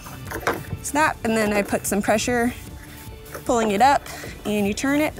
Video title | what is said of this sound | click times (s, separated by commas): SUP Fishing Setup - Salt Life | put it into the leash plug kind of hear it snap | 0.5 s